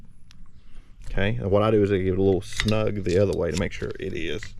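A new windshield wiper blade is hooked onto the J-hook of the wiper arm and given a tug the other way to check it, with faint handling taps near 0.3 s and 0.5 s while someone talks. Nothing has seated or clicked yet.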